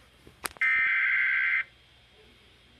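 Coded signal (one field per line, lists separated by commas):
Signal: Emergency Alert System (SAME) tones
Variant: header bursts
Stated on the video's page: Two separate flash flood warnings, not a double header.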